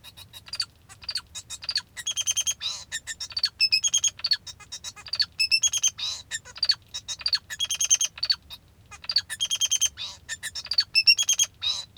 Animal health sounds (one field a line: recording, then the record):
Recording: song of a male Bengalese finch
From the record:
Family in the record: father 2